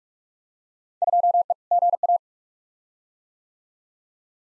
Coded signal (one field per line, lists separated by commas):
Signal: Morse code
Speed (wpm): 46 wpm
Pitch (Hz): 700 Hz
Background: none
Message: 2E GA